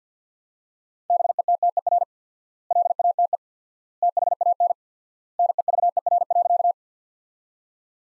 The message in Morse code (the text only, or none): BETTER LATE THAN NEVER.